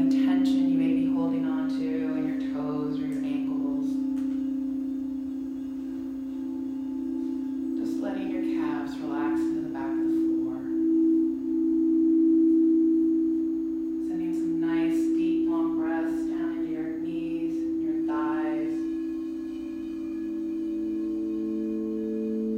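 A sound bath: a steady, low ringing tone hums through the whole recording, swelling slightly and wavering in pitch. Over it, a voice speaks in three short stretches, near the start, around eight to eleven seconds, and from fourteen to nineteen seconds.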